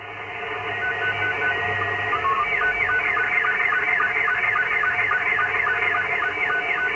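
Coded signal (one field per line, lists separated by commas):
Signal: SSTV (slow-scan television)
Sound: warbling, rapidly shifting tones in a steady rhythm with regular short low ticks, over hiss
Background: radio static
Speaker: I'll close this video out with a live demonstration we'll point the camera at the radio and find somebody sending an image and let you let you watch that build in real time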